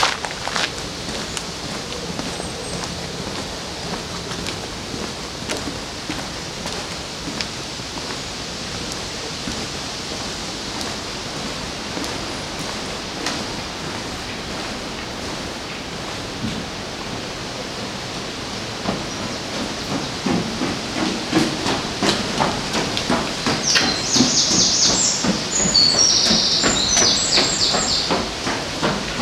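Sounds along the river in Odense: a steady hiss of rushing water fills the whole clip, with scattered clicks and taps throughout. After about twenty seconds it grows louder and busier, with more frequent sharp ticks and brief high chirps near the end.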